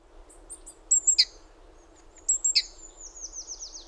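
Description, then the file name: Great tit calls: sharp high ticking notes in two short bursts, then a run of thin descending high whistles near the end. "Parus major"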